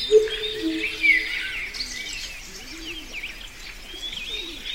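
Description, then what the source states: Birds calling, a few sharp chirps at the start, then soft scattered twitters and faint low coos. In a forest.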